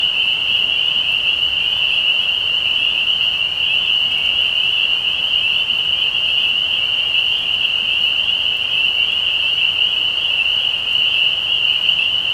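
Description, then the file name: Spring peepers in full chorus, a constant high-pitched shrill wall of overlapping peeps, level and unbroken across the whole stretch. Recorded 15 May 2020. "peepers-20200515"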